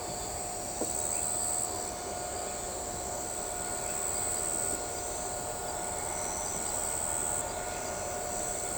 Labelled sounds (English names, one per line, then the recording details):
none
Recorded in shrubland near Pivijay, Magdalena, Colombia, on 15 April 2023 at 22:30
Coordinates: 10.453, -74.365
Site P5-G022